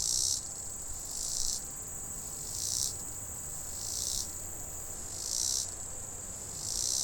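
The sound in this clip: Robinson's cicada song: loud buzzy high-pitched bursts about every 1.3 seconds, alternating with a thinner steady whine, over faint low rumble.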